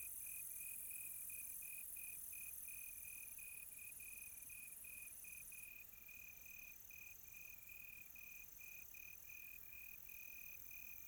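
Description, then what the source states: Cricket giving rapid short high chirps, roughly three each second, steady throughout, with another higher insect buzzing faintly behind. Quiet tropical night.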